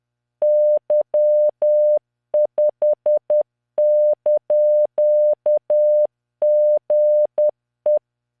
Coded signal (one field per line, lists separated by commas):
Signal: Morse code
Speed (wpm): 10 wpm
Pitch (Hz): 600 Hz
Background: none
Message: Y5)GE